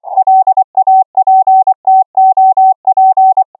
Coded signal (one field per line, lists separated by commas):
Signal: Morse code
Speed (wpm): 24 wpm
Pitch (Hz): 760 Hz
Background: none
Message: LAPTOP